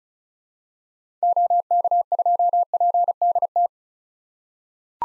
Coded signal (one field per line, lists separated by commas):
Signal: Morse code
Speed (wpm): 36 wpm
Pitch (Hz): 700 Hz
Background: none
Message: OK2PDT